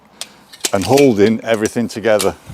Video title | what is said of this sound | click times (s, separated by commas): Don't Buy a Ladder Until You See This | it and as you're lifting it these are clicking into place | 0.2 s